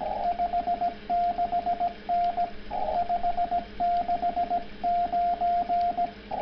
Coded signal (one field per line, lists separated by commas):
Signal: Morse code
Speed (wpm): 17 wpm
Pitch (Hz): 690 Hz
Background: radio noise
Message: 56N 569